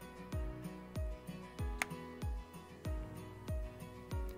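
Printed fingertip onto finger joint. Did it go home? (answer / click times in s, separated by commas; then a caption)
yes / 1.8 s. A printed fingertip piece is pressed onto a finger joint and clicks into place at 1.8 s, heard as a single sharp snap. Music with repeating low thumps plays throughout, and the fingertip ends up seated.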